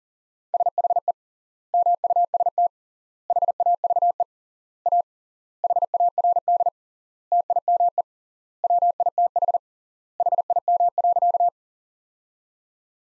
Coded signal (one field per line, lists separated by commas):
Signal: Morse code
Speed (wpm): 40 wpm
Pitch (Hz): 700 Hz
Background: none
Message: SHE MUST HAVE A HARD TIME WITH HIM.